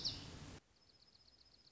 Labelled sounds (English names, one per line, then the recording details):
Dark-eyed Junco
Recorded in Sonoma County, California